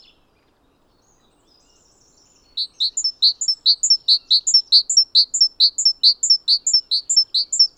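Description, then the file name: Great tit song, a long fast run of repeated phrases, high notes alternating rapidly with lower ones, starting after over two seconds of near silence. "Parus major"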